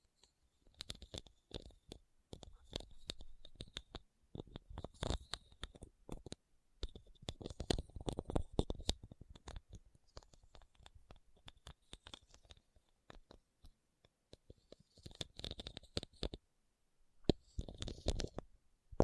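Rhinestones are tapped and scratched in quick, uneven bursts of small clicks and gritty scraping, with short pauses between clusters. The sounds carry a thin, glassy brightness alongside soft low thumps, and a louder flurry arrives near the end.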